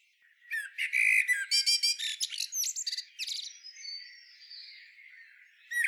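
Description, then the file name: Common blackbird gives one busy phrase of quick low whistles and stacked high twitters, fading into a thin, quiet warble before a final sharp note. "Turdus merula"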